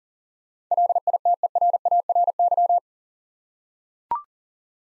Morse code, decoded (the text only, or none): LITERARY